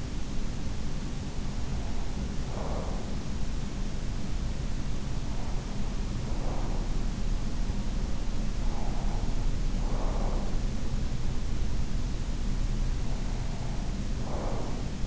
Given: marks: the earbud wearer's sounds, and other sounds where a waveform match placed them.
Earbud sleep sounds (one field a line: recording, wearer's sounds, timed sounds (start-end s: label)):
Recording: sounds in sleep by an in-ear microphone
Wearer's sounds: breath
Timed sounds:
0.52-10.83 s: breath
12.82-15.07 s: breath